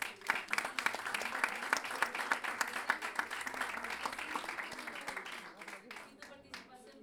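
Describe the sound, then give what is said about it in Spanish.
Audience applause at an evening event in a small space at the Escuela Superior de Jazz: a dense, steady patter of many hands clapping at once, holding strong for several seconds before thinning out and fading toward the end. “un aplauso para”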